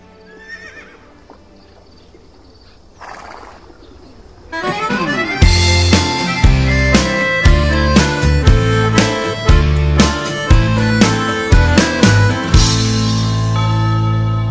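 A song kicks in after a few quiet seconds, loud and full with a steady, punchy beat and rich harmonies that carry on to the end.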